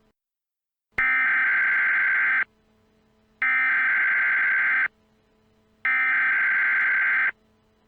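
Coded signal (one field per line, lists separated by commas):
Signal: Emergency Alert System (SAME) tones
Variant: header bursts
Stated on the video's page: Mock alert, not a real broadcast.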